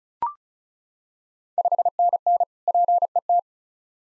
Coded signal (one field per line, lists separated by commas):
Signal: Morse code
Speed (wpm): 36 wpm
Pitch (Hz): 700 Hz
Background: none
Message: 5NN PET